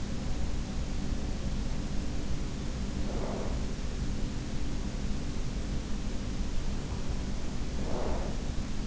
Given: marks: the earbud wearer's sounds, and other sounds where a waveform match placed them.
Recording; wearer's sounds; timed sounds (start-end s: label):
sounds in sleep by an in-ear microphone; breath
0.00-0.79 s: breath
2.03-3.92 s: breath
6.10-8.73 s: breath